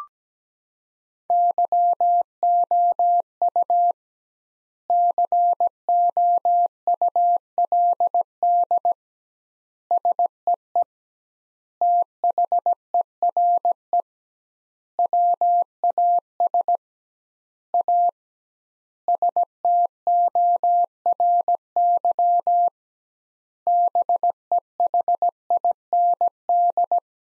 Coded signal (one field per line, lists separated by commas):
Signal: Morse code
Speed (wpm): 17 wpm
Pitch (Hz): 700 Hz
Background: none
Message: YOU COULD SEE THERE WAS A STORY BEHIND